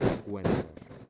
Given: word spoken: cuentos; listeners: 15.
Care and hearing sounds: one Spanish word in noise, from a listening test; noise modulated by one talker; -8.4 dB; 6 of 15; 6 of 15; 0.70 s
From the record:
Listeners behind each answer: 6, 6, 1, 1, 1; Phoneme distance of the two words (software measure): 21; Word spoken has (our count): 2 syllables, 7 phonemes, stress on syllable 1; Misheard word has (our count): 3 syllables, 10 phonemes, stress on syllable 2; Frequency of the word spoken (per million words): 23.84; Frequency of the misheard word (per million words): 27.37

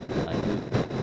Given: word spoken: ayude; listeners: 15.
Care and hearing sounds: one Spanish word in noise, from a listening test; noise modulated by three-talker babble; -7.2 dB; 0 of 15; 10 of 15; 0.63 s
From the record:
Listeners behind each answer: 10, 1, 1, 1, 1, 1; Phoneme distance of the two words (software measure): 10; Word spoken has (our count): 3 syllables, 5 phonemes, stress on syllable 2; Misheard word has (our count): 3 syllables, 5 phonemes, stress on syllable 2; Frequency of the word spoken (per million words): 7.14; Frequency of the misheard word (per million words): 137.11

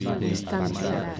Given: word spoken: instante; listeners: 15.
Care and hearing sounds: one Spanish word in noise, from a listening test; eight-talker babble; -2.1 dB; 1 of 15; 6 of 15; 0.80 s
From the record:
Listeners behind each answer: 6, 2, 1, 1, 1, 1, 1, 1, 1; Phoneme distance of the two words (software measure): 54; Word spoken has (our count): 3 syllables, 8 phonemes, stress on syllable 2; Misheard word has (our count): 3 syllables, 8 phonemes, stress on syllable 2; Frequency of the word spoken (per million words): 65.15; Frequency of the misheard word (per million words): 32.00

